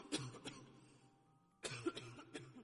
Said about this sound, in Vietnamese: Cô chưa kịp tiến lại gần chồng mình, thì phía sau lưng đã có tiếng ho vọng lại.